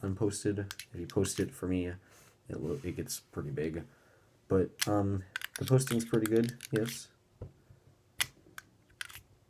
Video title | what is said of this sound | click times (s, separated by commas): Jinhao X750 Fountain Pen Review | yeah I mean it works not the best it doesn't really click into place or anything but | none